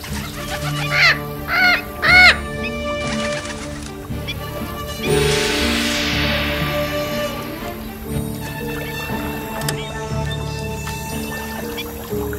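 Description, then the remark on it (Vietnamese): A small bird gives three quick, bright, warbling chirps in a row, followed by a soft whooshing sweep, all over a steady background of sustained music-like tones. “Này, chim nhỏ, xin chào.”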